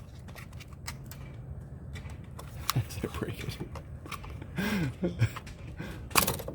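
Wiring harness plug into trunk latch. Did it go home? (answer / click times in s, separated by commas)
yes / 6.2 s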